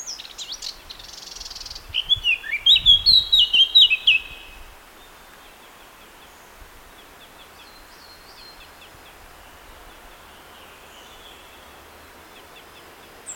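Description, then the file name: Eurasian blackcap delivering a brief, quick run of high warbled notes around two to four seconds, followed by faint chirps over constant hiss. "Sylvia atricapilla"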